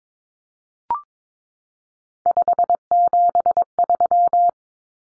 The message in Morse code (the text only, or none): 573